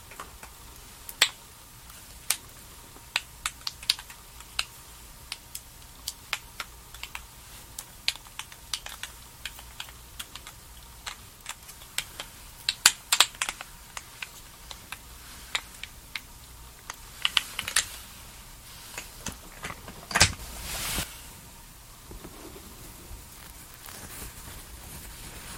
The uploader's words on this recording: TimASMR-Doing Your Summer Skincare Routine and Makeup Sounds NO TALKING.